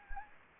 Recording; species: mosquito wingbeat signal from an infrared sensor; Anopheles gambiae